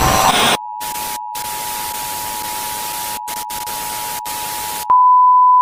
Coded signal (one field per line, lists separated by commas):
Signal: Emergency Alert System (SAME) tones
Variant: 853 and 960 Hz attention tone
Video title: Comparison: USA EAS(36)